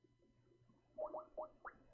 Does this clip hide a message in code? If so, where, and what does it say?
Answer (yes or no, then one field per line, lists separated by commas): no